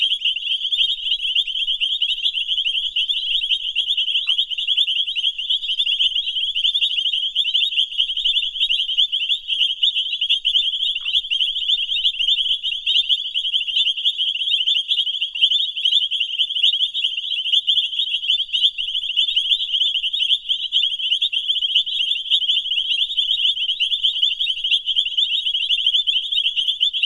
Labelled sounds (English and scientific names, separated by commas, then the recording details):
Painted Reed Frog (Hyperolius marmoratus) call
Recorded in the wild
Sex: group
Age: adult
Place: Camp Satara, Krüger Nationalpark, ZA
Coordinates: -24.4, 31.78
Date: 1996-01-12 22:20
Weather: 26°C, Luftfeuchtigkeit 60%
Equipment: Sony TCD-D3 (Longplay), Sennheiser ME 80, K 30 AV
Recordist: Gutsche, Alexander
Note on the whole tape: H.m.taeniatus-Chor (kein Einzeltier): übersteuert (Aussteuerung 1-2), Entf. 1 - 1,5 m. Kunstteich mit Cyperus, Typha, Nymphaea. Weitere Arten im Teich: Bufo garmani, Xenopus spec., Pelomedusa subrufa (Testudines). Achtung Aufnahme im Longplay-Modus